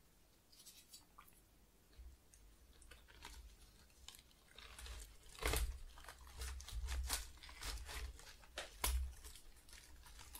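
Tingly flower sounds: soft crinkling and rustling with crisp, bright snaps and ticks scattered unevenly throughout. Activity is sparse at first, then grows busier and louder from around five seconds, with the sharpest crackles near five and a half and nine seconds.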